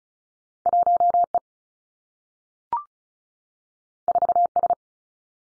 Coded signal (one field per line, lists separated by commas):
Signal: Morse code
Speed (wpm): 36 wpm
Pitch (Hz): 700 Hz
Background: none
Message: 1 E 4 S